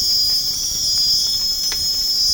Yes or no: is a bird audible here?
no